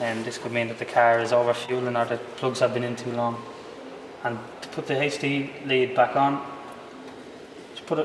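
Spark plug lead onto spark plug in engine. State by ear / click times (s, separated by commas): not seated / none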